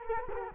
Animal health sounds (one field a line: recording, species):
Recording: mosquito wingbeat signal from an infrared sensor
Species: Culex quinquefasciatus